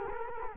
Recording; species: mosquito wingbeat signal from an infrared sensor; Culex quinquefasciatus